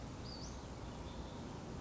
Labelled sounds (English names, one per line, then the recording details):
Western Flycatcher
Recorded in Sonoma County, California